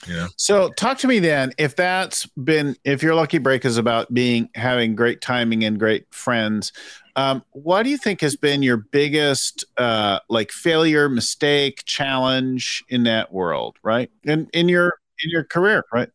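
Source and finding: Adult male. Typical speech.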